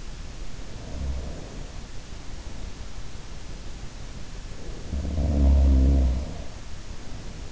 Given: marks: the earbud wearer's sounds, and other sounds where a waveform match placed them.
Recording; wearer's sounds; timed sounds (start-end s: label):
sounds in sleep by an in-ear microphone; snoring breath
0.63-2.25 s: snoring breath
4.58-6.77 s: sound from someone else or the room